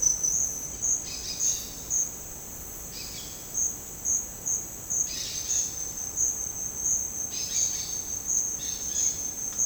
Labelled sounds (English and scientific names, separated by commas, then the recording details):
Brown-throated Parakeet (Eupsittula pertinax)
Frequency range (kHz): Brown-throated Parakeet (Eupsittula pertinax) 0.8-6.2 kHz
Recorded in dense forest near Puerto Asís, Putumayo, Colombia, on 23 June 2025 at 09:00
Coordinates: 0.486, -76.317
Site G065